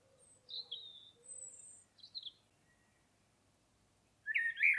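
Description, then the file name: Common blackbird: thin high whistles and a low soft whistled note drift by, then a loud mellow fluted warble with scratchy high notes starts near the end. "Turdus merula"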